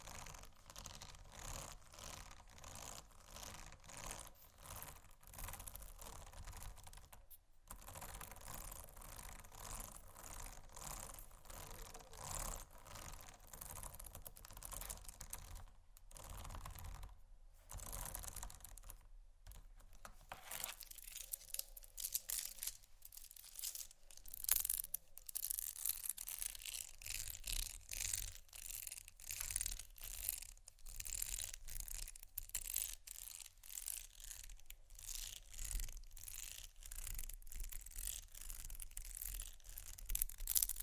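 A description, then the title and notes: Scratching over bumpy items makes a dense, rasping stream of short clicks and crackles that runs almost without pause. The first twenty seconds sound rougher and fuller, broken by a few brief silences near 7, 16 and 19 seconds, then the scratching turns thinner, brighter and more clicky. ASMR Scratching Bumpy Items No Talking Rode Mics.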